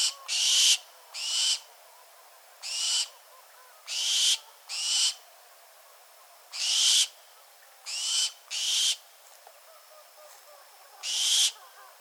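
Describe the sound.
Bird giving harsh, hissing screeches, about ten broad noisy bursts, some paired, spaced irregularly over a quiet background.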